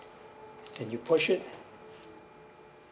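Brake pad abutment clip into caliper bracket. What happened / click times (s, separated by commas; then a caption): The clip is handled but not yet heard seating / none. A metal brake pad abutment clip is being pushed into the caliper bracket on the front brakes of a 2005 Dodge Caravan while someone talks. A brief sharp tick is heard at 0.7 s, followed by speech, but nothing has seated or clicked into place yet.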